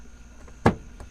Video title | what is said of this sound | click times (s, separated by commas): 2000-2006 Toyota Tundra / Sequoia Front Blinker / Turn Signal Blinker Housing Removal | until it clicks | 0.7 s